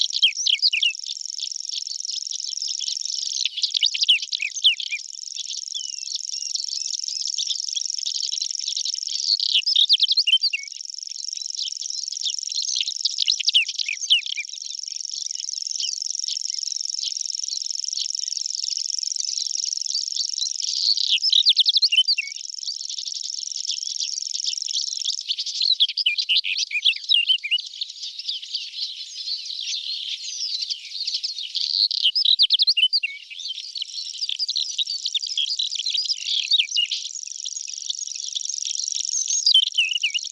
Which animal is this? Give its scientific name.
Saxicola rubetra